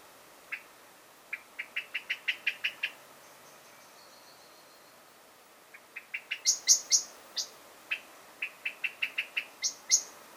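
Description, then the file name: Common blackbird calling with runs of sharp, clucking chink notes in rattling series. "Turdus merula"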